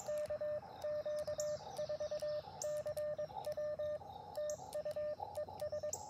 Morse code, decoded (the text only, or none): KQ4CW TU ES